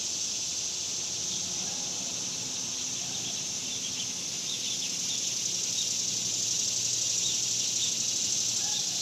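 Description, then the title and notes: Cicada chorus droning continuously as a bright high buzz, with a few faint chirps and a low hum underneath. Cicadas outdoors in summer in the suburbs. "Ext Summer Cicadas, Suburbs by Bandeto"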